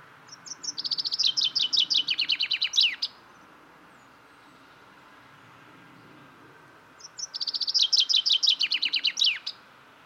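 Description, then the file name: Common chaffinch singing two songs several seconds apart, each a run of bright notes stepping down in pitch and finishing with a short flourish. "Fringilla coelebs"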